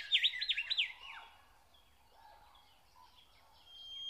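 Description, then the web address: Nightingale song opening with a rapid run of loud, looping whistled notes for about a second, then softer notes. Song recorded in spring. "spiew slowika wiosna"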